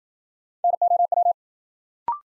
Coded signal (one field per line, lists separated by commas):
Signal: Morse code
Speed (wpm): 53 wpm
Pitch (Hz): 700 Hz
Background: none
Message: NOW